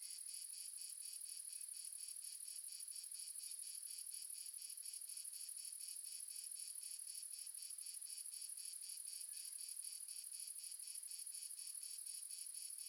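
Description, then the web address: Crickets chirping together, a bright continuous high-pitched trilling that beats in a regular rapid rhythm throughout. Ambience of multiple crickets recorded in the south of France. "Red Sonic - Crickets and Frogs amb crickets multiple south france"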